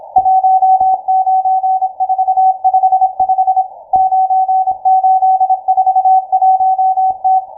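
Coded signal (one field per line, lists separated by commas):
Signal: Morse code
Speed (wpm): 27 wpm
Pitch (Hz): 750 Hz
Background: none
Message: 19455 9841T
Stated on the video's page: Morse station M12 on 12187.00 kHz, received via the University of Twente WebSDR.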